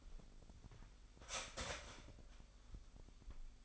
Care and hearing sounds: daily activity, microphone in the room; start toaster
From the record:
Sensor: 5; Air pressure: 1002.0 hPa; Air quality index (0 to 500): 203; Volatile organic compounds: 18 ppm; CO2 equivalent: 2622 ppm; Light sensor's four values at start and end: 34/110/42/45 and 34/110/42/45

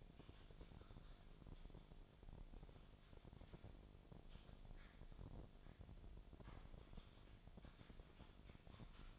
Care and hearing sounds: daily activity, microphone in the room; typing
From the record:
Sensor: 5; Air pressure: 1009.6 hPa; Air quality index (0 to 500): 168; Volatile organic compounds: 4 ppm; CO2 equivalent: 1629 ppm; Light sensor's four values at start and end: 105/276/113/120 and 104/274/112/119

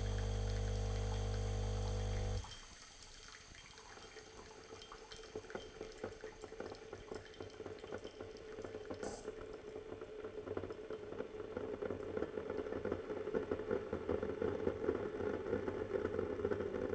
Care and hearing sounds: daily activity, microphone in the room; make coffee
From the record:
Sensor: 4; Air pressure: 1008.2 hPa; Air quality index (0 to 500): 106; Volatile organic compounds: 1 ppm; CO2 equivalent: 787 ppm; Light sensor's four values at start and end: 10/23/9/9 and 11/23/10/9

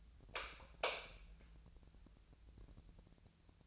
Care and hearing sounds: daily activity, microphone in the room; light on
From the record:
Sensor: 2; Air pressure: 999.9 hPa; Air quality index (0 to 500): 117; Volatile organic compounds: 2 ppm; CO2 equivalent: 1008 ppm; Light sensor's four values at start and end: 31/78/33/38 and 35/96/40/44

